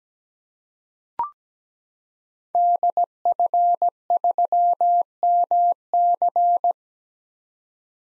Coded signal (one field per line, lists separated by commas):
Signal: Morse code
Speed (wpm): 17 wpm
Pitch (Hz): 700 Hz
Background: none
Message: DF3MC